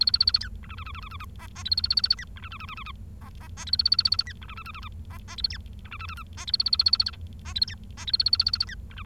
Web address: nccratliri vad-multi-species. bengalese finch